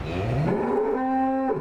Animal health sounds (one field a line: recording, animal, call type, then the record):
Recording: contact call of a hoofed animal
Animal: cattle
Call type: low-frequency (closed-mouth) or high-frequency (open-mouth) call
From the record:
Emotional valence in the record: negative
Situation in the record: full separation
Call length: 1.61 s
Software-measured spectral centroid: 1040 Hz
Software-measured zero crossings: 1050 a second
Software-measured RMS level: -24 dBFS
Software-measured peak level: -12 dBFS